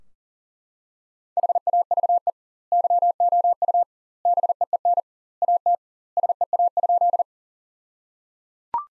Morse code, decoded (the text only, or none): HAVE YOU BEEN AT SEA?